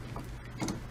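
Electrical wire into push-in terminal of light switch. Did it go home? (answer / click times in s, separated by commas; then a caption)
yes / 0.7 s. A stripped copper house wire is pushed into the push-in (backstab) terminal hole on the back of a new light switch. A faint tick sounds at 0.2 s over a low steady hum, then a sharp click at 0.7 s as the wire locks in place, seated.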